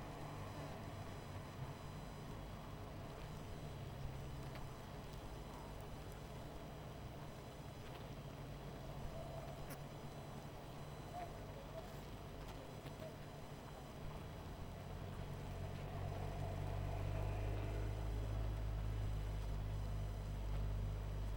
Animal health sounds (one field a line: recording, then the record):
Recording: honeybee colony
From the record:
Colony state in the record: missing queen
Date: 14 July 2017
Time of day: 20:34